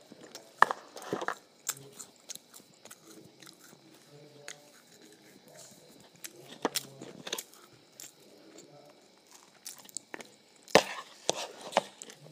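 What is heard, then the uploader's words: Someone eats ice cream and waffles, with crisp bites and wet chewing scattered through the twelve seconds. Sharp crunches land near the start, around six to seven seconds, and again near eleven, with softer smacking and clinking between them. Eating Ice Cream and Waffles.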